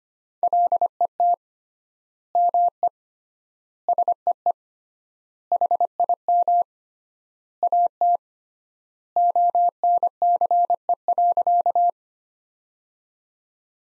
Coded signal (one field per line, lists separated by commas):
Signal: Morse code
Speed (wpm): 25 wpm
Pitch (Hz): 700 Hz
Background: none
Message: LET ME SEE HIM AT ONCE.